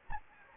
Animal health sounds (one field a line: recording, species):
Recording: mosquito wingbeat signal from an infrared sensor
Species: Anopheles gambiae